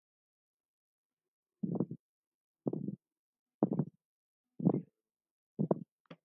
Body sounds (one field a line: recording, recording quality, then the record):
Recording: shallow breathing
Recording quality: excellent, no background noise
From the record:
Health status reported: respiratory illness, not identified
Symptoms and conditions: asthma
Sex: male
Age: 23 years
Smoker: not ticked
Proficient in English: yes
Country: India